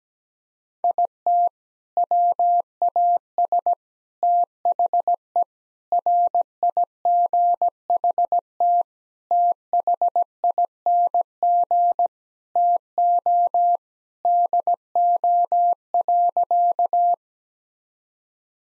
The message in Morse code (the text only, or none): IT WAS THE RIGHT THING TO DO.